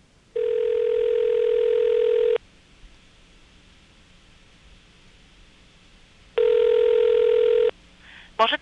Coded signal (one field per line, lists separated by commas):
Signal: telephone call progress tone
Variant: North America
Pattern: ringback tone